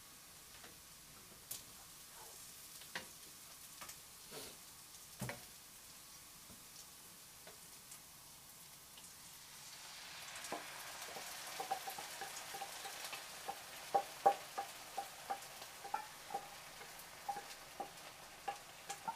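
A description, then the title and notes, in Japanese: Tomato sauce pasta being cooked: scattered clicks and taps, then from about ten seconds a steady sizzle with denser, sharper pops and clinks. 環境音 トマトソースパスタの一部始終。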